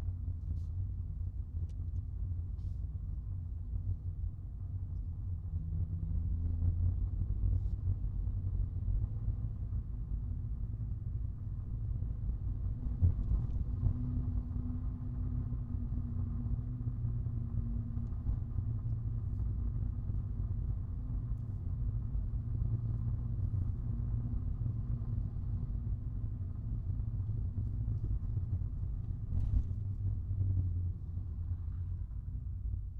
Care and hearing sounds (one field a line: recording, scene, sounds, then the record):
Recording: everyday scene through a hearing-aid microphone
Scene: in a vehicle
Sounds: engine, rumble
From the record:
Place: Skoda Fabia, gasoline engine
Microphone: in the ear canal, right